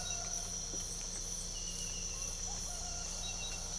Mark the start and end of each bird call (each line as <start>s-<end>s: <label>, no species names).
2.05s-3.06s: bird call